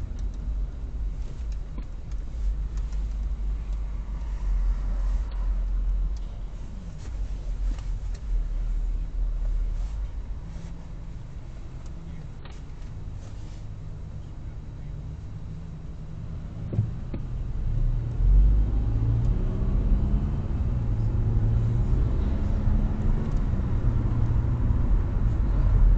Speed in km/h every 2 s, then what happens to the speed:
0, 0, 0, 0, 0, 0, 0, 0, 3, 13, 26, 33, 37.
0-15 standing. 15-26 pulls away to 37.